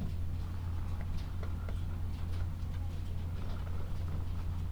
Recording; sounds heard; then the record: poultry house recording; sick chickens (respiratory disease)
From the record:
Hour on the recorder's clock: 13